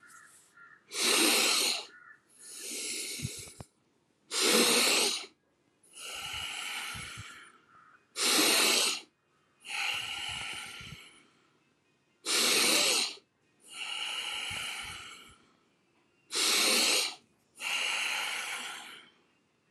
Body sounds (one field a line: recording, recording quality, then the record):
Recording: deep breathing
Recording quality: excellent, no background noise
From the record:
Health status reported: healthy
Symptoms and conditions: none ticked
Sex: male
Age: 39 years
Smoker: yes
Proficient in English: yes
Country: India